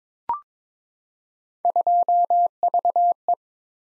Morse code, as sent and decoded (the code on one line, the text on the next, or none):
..--- ...- .
2VE